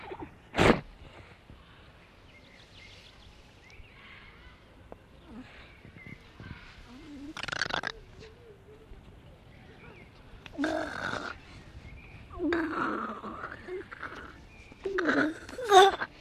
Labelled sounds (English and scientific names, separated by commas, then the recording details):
Grey Seal (Halichoerus grypus)
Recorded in captivity
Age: juvenile
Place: Zoo Rostock, Mecklenburg-Vorpommern, DE
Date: 1966-05-24 14:30
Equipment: Uher 4200 Report Monitor, Sennheiser MD 421, Transistorverstärker 2
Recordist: Tembrock, Günter
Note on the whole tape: Jungtier: Laute während der Pfleger "am Bauch krault". Im Zoo am 29.1.1966 geborenen und anfangs von der Mutter aufgezogen. Abstand ca. 50 cm. Aufnahmen zwichen 14.30 und 16.00 Uhr